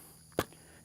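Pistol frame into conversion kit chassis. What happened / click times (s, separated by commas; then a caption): The frame locked into the housing / 0.4 s. A Sig P320 pistol is pushed forward into a polymer CAA Micro Conversion Kit chassis until the chassis lock closes on it. A single sharp, discernible click is heard at 0.4 s over a low, steady background. The pistol frame locks into place and is seated in the chassis.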